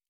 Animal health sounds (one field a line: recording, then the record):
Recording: hydrophone in a shrimp aquaculture tank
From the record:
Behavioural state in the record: normal